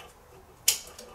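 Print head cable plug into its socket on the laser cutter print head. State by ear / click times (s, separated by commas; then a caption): seated / 0.7 s. A ribbon cable plug is pushed back into its socket on the print head of a Glowforge laser cutter. After a quiet stretch, one sharp, bright click sounds at 0.7 s, followed by a faint tick near 1.0 s. The connector is seated.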